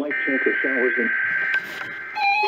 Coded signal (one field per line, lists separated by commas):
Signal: Emergency Alert System (SAME) tones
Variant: header bursts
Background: speech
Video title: Required Weekly Tests (Morning and Evening) [EAS #137-140]